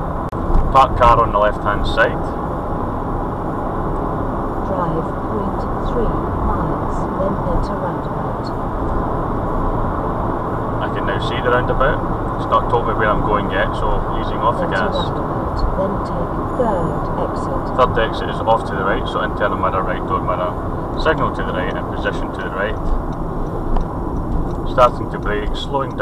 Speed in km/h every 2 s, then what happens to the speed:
76, 74, 76, 79, 82, 84, 82, 77, 74, 69, 64, 60, 48.
3-12 speeds up to 82. 12-26 slows to 48.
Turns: none.